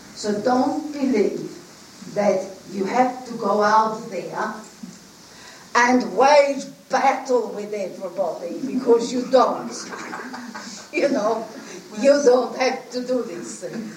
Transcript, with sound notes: so don't believe that you have to go out there and wave battle with everybody because you don't. (Everyone laughs.) You Know you don't have to do this thing.